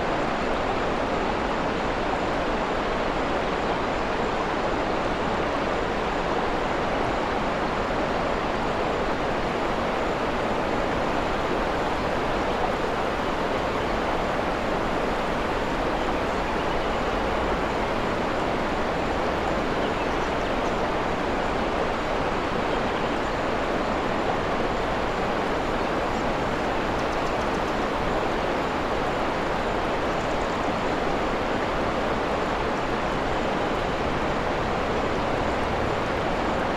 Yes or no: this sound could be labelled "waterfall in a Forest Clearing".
yes